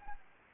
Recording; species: mosquito wingbeat signal from an infrared sensor; Anopheles gambiae